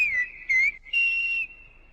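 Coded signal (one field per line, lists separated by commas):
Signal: whistled language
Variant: Silbo Gomero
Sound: a clear whistle falling and rising around 2 kHz, then a long higher held note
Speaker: That is the unique whistling language of Gomero. And those men are talking to each other across a ravine about a mile wide.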